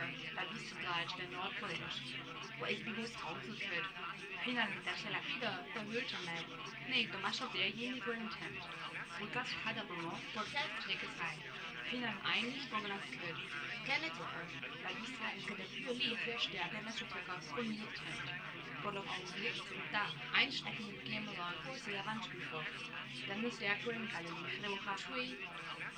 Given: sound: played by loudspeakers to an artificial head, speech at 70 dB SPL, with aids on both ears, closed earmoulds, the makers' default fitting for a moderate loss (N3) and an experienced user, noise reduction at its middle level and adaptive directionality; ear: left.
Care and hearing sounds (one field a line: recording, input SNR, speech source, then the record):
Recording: speech test signal (ISTS) in cocktail-party noise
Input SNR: +3 dB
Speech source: on the right (90 degrees)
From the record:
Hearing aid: class 2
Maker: F